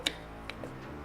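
An auxiliary light's wiring connector on a Honda del Sol is plugged back into its harness plug and clicks in at 0.1 s, confirming it is seated. A second, softer sharp tick follows at about 0.5 s over a faint steady background hum.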